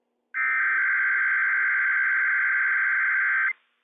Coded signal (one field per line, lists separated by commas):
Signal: Emergency Alert System (SAME) tones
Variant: header bursts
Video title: Inland Northwest RMT - WWF56 - EAS #115 - 8:21 AM PDT 6/11/21